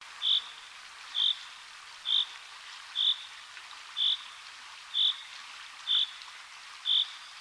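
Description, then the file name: Common chaffinch repeating a short, high call note roughly once a second at a steady pace, over constant background hiss. "Fringilla coelebs"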